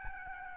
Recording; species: mosquito wingbeat signal from an infrared sensor; Aedes albopictus